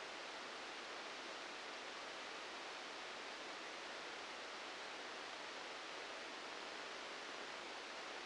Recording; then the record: brain microelectrode recording played as sound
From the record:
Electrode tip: outside the subthalamic nucleus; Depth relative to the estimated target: 3 mm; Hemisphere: left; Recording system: NeuroSet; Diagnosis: Parkinson's disease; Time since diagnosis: 19 years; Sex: female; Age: 69 years